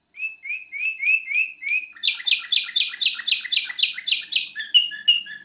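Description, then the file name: Orphean warbler song: a run of short repeated whistled notes, then a fast series of rich double notes, about four a second, and a few different notes at the end. Combination, labelled Russian (rusia). "kombinasi rusia orhpeus"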